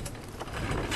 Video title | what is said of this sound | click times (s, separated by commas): Snap-Loc Dolly Introduction | and you're locked in and ready to go | 0.1 s